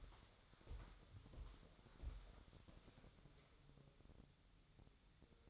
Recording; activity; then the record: daily activity, microphone in the room; walk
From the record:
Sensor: 3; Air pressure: 1015.3 hPa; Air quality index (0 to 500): 128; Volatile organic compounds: 5 ppm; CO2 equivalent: 1812 ppm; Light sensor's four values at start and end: 10/27/10/10 and 10/27/10/10